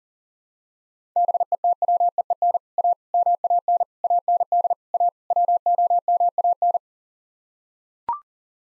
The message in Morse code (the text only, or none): BETWEEN A MAN AND A WOMAN